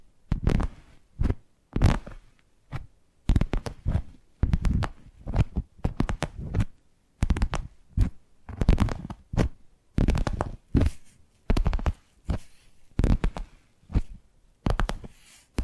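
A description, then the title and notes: Tapping in quick irregular clusters of dull, low knocks with bright clicky edges, pausing briefly between bursts throughout. ASMR 10 Addictive Tapping Triggers. (No Talking).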